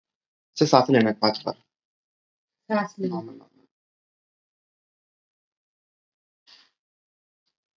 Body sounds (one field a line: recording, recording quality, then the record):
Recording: shallow breathing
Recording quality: moderate, slight background noise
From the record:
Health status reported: healthy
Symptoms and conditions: none ticked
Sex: female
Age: 18 years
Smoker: not ticked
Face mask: not worn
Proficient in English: yes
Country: India